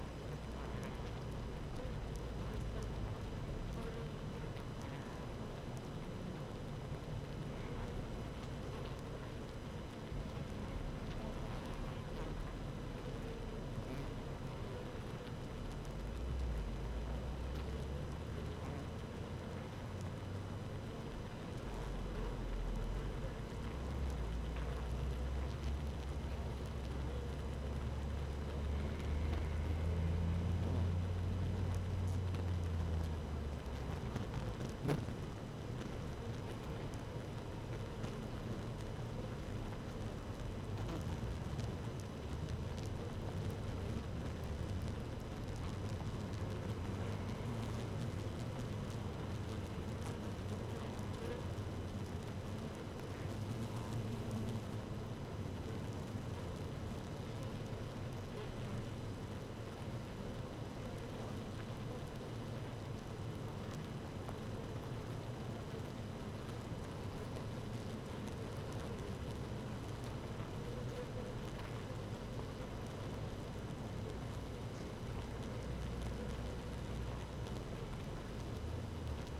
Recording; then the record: honeybee colony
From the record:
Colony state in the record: active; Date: 12 June 2018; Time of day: 15:10